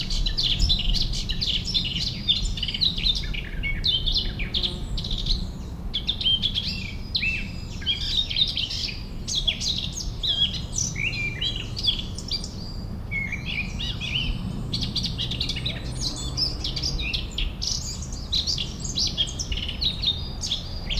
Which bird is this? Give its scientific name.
Sylvia atricapilla